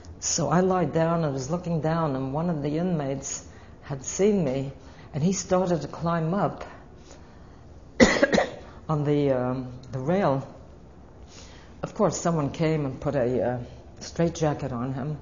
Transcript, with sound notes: So I lied down and was looking down, and one of the inmates had seen me, and he started to climb up. (She coughs.) On the, uh, the rail. Of course, someone came and put a, uh, straight jacket on him.